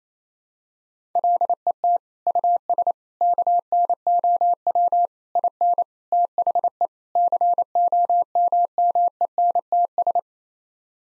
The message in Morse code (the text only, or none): LET US KNOW IN THE COMMENTS